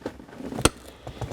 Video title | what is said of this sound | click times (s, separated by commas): How To Install and Replace a Headliner - 2009 Subaru Outback | hear the click and then that | 0.7 s